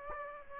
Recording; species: mosquito wingbeat signal from an infrared sensor; Aedes aegypti